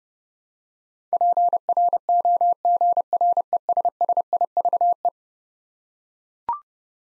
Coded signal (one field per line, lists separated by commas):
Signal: Morse code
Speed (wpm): 30 wpm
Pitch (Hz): 700 Hz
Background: none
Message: PROGRESSIVE